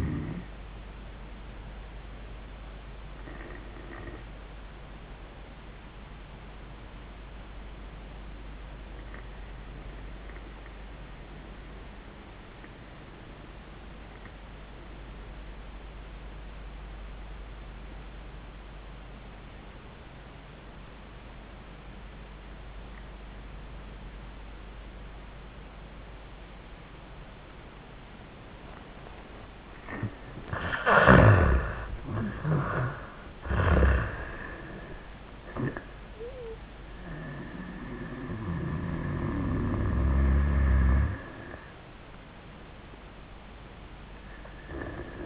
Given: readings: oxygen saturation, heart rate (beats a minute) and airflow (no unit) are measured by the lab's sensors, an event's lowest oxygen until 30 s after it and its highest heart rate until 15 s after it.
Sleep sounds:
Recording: breathing in sleep by a voice recorder at the bedside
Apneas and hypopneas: 1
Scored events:
3.00-30.50 s: obstructive apnea (N1, oxygen 98% highest, then 78% lowest, heart rate 92 at the start, 99 highest)
From the record:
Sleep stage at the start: N1 (lightest sleep)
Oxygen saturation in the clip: 79 to 98%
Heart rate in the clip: 80 to 99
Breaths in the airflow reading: 3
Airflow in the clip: -14.7 to 9.4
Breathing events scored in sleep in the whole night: 400 in 8.7 hours asleep

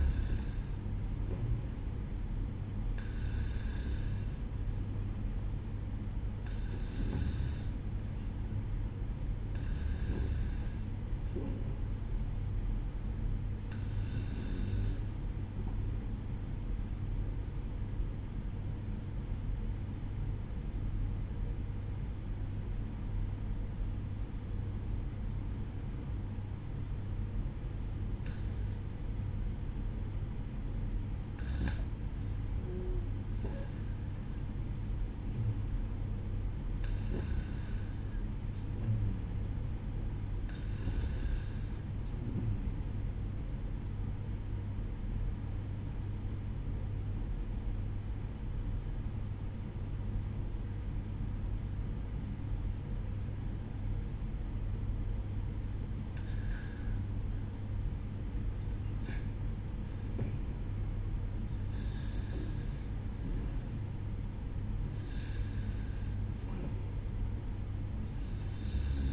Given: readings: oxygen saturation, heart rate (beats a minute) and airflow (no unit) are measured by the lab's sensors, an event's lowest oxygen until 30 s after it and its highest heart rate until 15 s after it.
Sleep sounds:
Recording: breathing in sleep by a smartphone at the bedside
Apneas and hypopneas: 2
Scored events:
18.00-31.40 s: obstructive apnea (REM, oxygen 95% highest, then 92% lowest, heart rate 68 at the start, 69 highest)
44.00-57.60 s: obstructive apnea (REM, oxygen 94% highest, then 92% lowest, heart rate 67 at the start, 69 highest)
From the record:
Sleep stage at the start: REM sleep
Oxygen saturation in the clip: 91 to 95%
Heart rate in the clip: 66 to 71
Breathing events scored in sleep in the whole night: 305 in 9.6 hours asleep

